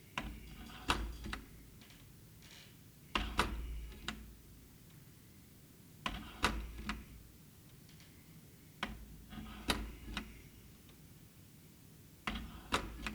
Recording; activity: daily activity, guitar pickup as the sensor; manipulate door